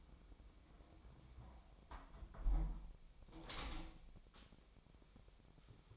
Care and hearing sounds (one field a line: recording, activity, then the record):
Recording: daily activity, microphone in the room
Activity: close window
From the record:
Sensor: 1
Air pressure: 1006.4 hPa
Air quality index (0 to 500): 208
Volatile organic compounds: 24 ppm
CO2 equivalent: 2798 ppm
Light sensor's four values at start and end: 12/31/12/14 and 11/29/11/13